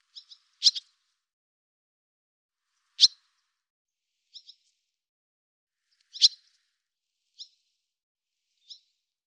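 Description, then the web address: Barn swallow calls: sharp, high clipped notes, some doubled, given singly at irregular gaps of one to three seconds against a silent background. Cleaned and normalized audio. "cianscape birddata Deverinetal 2025"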